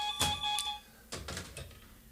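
A short electronic telephone ring, a bright multi-tone trill lasting about half a second, followed by a few soft clicks and thumps as if the handset is being picked up.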